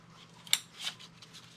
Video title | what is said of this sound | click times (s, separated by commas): Hyundai/Kia 3.5 Oil Sensor Replacement | make sure you get a nice positive Click on each one and if you're having trouble getting one in | 0.5 s